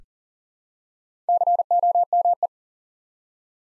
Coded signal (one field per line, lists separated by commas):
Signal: Morse code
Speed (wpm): 42 wpm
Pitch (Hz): 700 Hz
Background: none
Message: COME